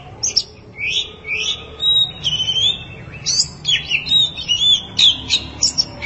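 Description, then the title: Oriental magpie-robin giving rapid varied song, whistled slurs mixed with harsh chattering notes in tight bursts, steady low hum underneath. Long-duration song. "Kacer Durasi Panjang"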